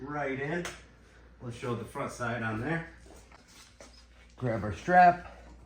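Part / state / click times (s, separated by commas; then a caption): tonneau cover strap buckle clip / not seated / none. Someone talks while handling the securing strap and its plastic buckle clip on a tonneau cover for a Silverado Sierra 2500HD/3500 truck, about to fasten it to hold the folded cover up. Between the spoken phrases, a faint short tap is heard near 3.8 s. Nothing has seated or clicked yet.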